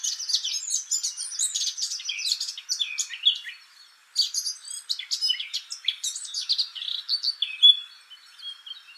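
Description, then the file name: Eurasian blackcap song in two rich, hurried warbling bursts of varied high notes, separated by a brief break near four seconds. "Sylvia atricapilla"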